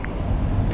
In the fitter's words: hasta que haga clic